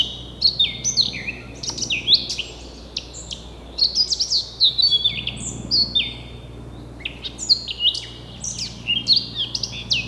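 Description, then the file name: Eurasian blackcap song: bright, jumbled high notes in rapid bursts throughout, over a steady low hum. "Sylvia atricapilla"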